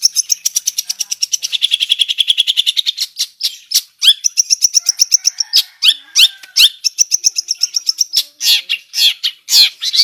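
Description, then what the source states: Long-tailed shrike song starting with a fast, even rattle of clicking notes, then sharp upslurred whistles and harsh strokes in quick, varied succession. Full song with imitated phrases of other sounds, described as gacor style.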